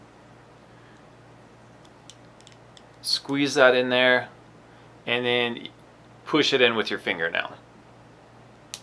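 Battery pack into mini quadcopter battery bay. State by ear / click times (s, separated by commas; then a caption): seated / 8.7 s. A small plastic battery pack is squeezed and pushed by finger into the battery bay of a Syma mini RC quadcopter while someone talks, with a few faint ticks early on. One sharp tick at 8.7 s marks the battery clicking and seating in the bay.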